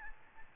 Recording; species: mosquito wingbeat signal from an infrared sensor; Aedes albopictus